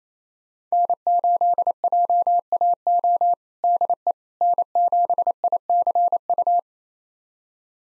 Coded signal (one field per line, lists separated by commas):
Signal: Morse code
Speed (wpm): 28 wpm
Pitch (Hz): 700 Hz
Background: none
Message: N8JAO DE N7ICU